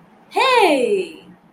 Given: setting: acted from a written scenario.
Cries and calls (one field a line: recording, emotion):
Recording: vocal sound without words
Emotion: awe